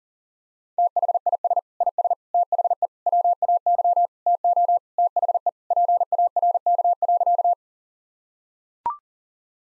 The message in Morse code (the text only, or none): THIS IS THE WAY TO THE PARK.